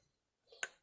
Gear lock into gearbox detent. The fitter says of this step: ก็ดันไอตัวข้างล่างเนี่ยเข้าล็อกมันจะมีล็อกเดียวท่านผู้ชมไม่มีหลายล็อกนะครับล็อก